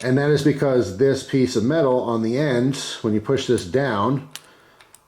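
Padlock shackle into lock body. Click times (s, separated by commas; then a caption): 4.9 s. Someone talks for about four seconds, then the metal shackle of a demonstration padlock is pushed down into the lock body and snaps in place with a sharp click at 4.9 s, leaving the shackle locked.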